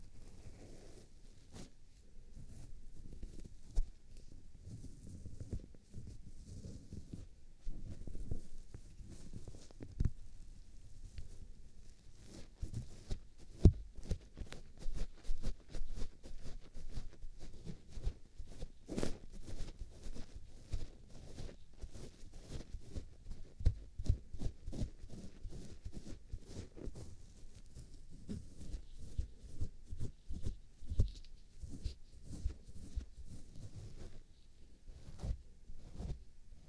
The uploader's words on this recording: ASMR CLEANING AND MASSAGING YOUR EARS (NO TALKING).